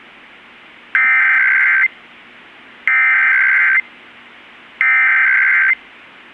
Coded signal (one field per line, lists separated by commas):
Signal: Emergency Alert System (SAME) tones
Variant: header bursts